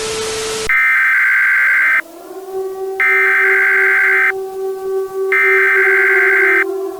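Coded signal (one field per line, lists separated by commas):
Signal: Emergency Alert System (SAME) tones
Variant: header bursts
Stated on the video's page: Fictional analog-horror EAS scenario; the alert is made up.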